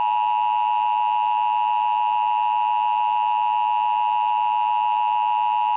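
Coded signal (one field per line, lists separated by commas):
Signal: Emergency Alert System (SAME) tones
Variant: 853 and 960 Hz attention tone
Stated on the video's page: Fictional Emergency Alert System scenario with added effects, simulated rather than a real alert.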